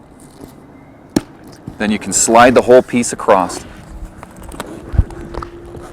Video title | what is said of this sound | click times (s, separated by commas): Bestop Accessories - Trektop NX JK Unlimited 4-Door Installation | and you just do a little click, | 1.2 s